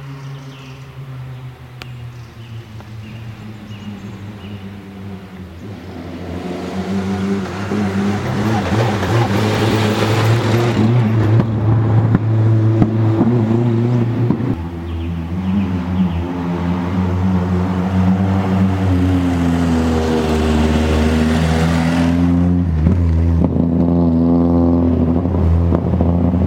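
A rally car's engine rises and falls in pitch, revving hard, building louder around six seconds, then surging again after fifteen seconds.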